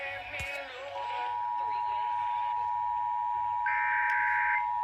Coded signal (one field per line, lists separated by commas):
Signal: Emergency Alert System (SAME) tones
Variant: 853 and 960 Hz attention tone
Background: speech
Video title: EAS 6964-6986. EAS Alerts from the week of 1/12/25-1/18/25